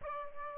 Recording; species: mosquito wingbeat signal from an infrared sensor; Aedes albopictus